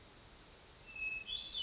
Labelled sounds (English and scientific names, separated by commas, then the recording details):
Hermit Thrush (Catharus guttatus)
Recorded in Sonoma County, California